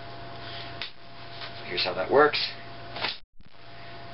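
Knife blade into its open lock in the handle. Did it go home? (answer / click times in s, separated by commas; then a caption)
yes / 0.8 s. A Spyderco Endura 4 Wave folding pocket knife has its blade opened by its hook catching on a pocket seam, and the blade snaps into its locked open position in the handle with a sharp click at 0.8 s. Someone talks afterward over a steady low background hum.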